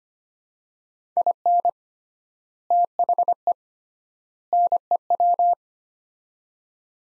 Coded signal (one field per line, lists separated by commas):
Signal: Morse code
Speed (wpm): 25 wpm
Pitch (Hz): 700 Hz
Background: none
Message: IN THE NEW